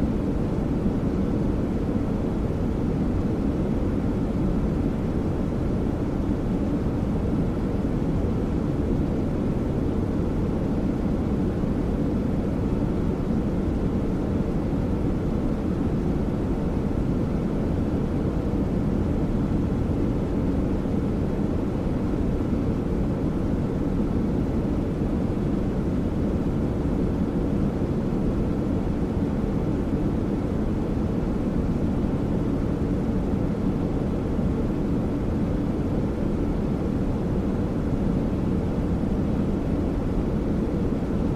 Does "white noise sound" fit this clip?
yes